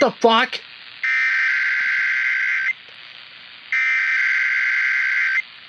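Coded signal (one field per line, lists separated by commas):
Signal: Emergency Alert System (SAME) tones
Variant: header bursts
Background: speech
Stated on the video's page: EAS tests received from multiple monitoring stations.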